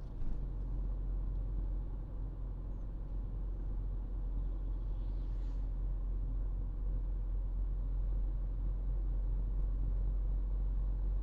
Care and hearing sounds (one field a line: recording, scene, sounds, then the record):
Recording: everyday scene through a hearing-aid microphone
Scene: in a vehicle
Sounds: engine, highway driving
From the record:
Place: Berlingo II, diesel engine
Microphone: in the ear canal, right